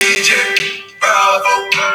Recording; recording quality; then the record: shallow breathing; poor, much background noise or distortion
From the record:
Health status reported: COVID-19 positive, no symptoms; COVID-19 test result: positive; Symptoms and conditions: breathing difficulty, diarrhoea, asthma, chronic lung disease, diabetes, ischaemic heart disease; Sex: other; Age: 77 years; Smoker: not ticked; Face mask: not worn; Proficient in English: yes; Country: France